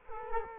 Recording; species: mosquito wingbeat signal from an infrared sensor; Culex quinquefasciatus